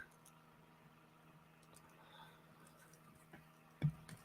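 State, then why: Not seated. A 3D printer drive part is pressed into its frame mount during a Voron 2.4r2 build, over a low steady hum with faint scattered ticks and a louder short knock near 3.8 s and 4.1 s. Nothing has clicked or seated; the part sits a little too high on one side.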